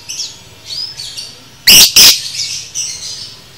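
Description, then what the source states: Lovebird calls: a quick pair of loud shrill squeaks in the middle, surrounded by soft high chattering and thin whistled notes. Lovebird paud masteran recording, for training cage birds.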